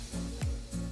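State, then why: Seated. On a 2015 Mustang, a new windshield wiper blade's plastic adapter is hooked onto the end of the metal wiper arm and pushed down until it latches. One sharp, short click is heard at 0.4 s over background music, and the blade is seated on the arm.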